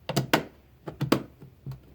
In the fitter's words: okay so you hear to click two times one on both sides and that means it is in place so we're all good there